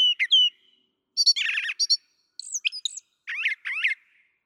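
Brown thrasher giving quick chirps, a buzzy rattled phrase, then sharp whistled notes in pairs, each phrase shifting in tone.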